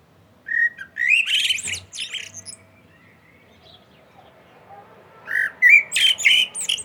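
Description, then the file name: Common blackbird song, two phrases with a pause between, each opening with rich fluted whistles and trailing into high, squeaky chatter. "Turdus merula"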